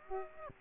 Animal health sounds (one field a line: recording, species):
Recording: mosquito wingbeat signal from an infrared sensor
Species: Aedes aegypti